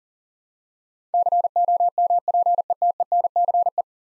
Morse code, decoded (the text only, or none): COMPETENCE